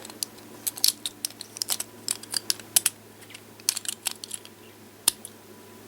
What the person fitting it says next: Alright, and it seems like it locked into place.